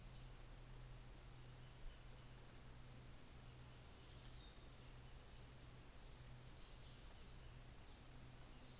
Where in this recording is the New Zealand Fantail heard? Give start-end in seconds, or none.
none